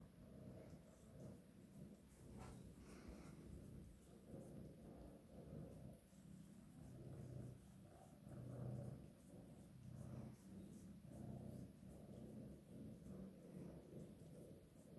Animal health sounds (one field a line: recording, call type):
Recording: domestic cat vocalisation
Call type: purr